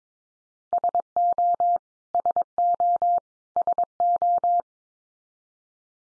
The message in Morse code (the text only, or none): SO SO SO